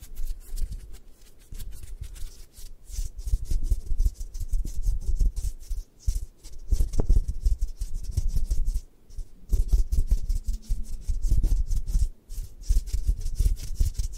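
Scratching and rubbing over a microphone during an eye massage, with quick raspy strokes packed closely together and a soft low thudding underneath. The sound runs almost continuously, pausing briefly around six, nine and twelve seconds before the dense scraping resumes.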